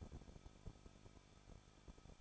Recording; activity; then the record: daily activity, microphone in the room; no activity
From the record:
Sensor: 5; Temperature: 20.8 degrees Celsius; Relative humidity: 38.6%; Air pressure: 1006.5 hPa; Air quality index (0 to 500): 191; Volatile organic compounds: 20 ppm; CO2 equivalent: 2704 ppm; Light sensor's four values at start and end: 2/3/1/1 and 2/3/1/1